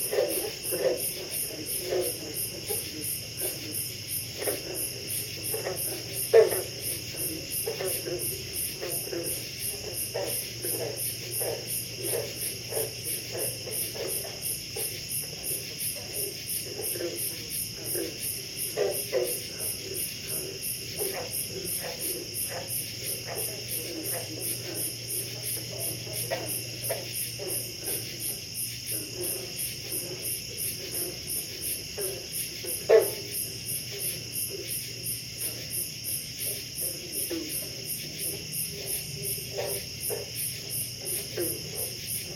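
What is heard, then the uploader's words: Frogs and cicadas at a pond keep up a steady, dense night chorus. A fast, even insect pulse rings high and bright throughout, while lower croaks and clicks patter irregularly underneath, with a few louder calls near 6, 19 and 33 seconds. Pond, frogs and cicadas. Is a field recording from a night I spent sleeping in an artwork (a small cubus made of plexiglass with a bed inside) on a pond. The surrounding sounds of the animals, small ones and big ones. Recorded by Sylvia Hinz.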